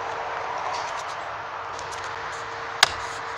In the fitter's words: it up here we go the fashion it clicked in